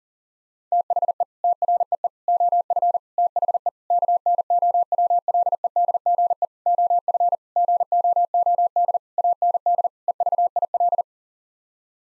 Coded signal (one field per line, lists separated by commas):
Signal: Morse code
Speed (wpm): 40 wpm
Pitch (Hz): 700 Hz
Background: none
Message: THE TREE OF THE KNOWLEDGE OF GOOD AND EVIL